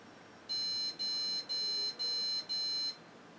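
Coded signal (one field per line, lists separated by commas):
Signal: beep code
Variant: PC POST beep code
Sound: five short, evenly spaced buzzy electronic beeps from a PC speaker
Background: quiet room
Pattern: 5 short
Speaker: Five beeps, the speaker works. I don't know what 5 beeps mean, but I can look it up.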